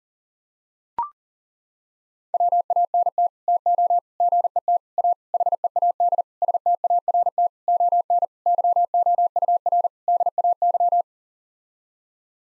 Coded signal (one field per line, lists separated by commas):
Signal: Morse code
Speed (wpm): 40 wpm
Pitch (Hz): 700 Hz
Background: none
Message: WANT TO GET A HEAD START ON YOUR DAY